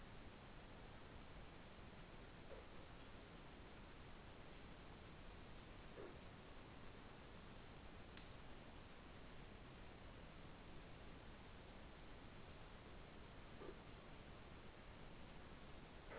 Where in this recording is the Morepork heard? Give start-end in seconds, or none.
none